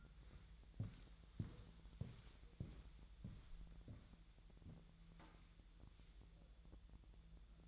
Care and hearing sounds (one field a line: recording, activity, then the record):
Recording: daily activity, microphone in the room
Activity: walk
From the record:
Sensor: 3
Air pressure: 1002.0 hPa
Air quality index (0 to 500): 242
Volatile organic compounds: 112 ppm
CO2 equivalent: 3829 ppm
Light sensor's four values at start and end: 8/20/8/8 and 8/20/8/9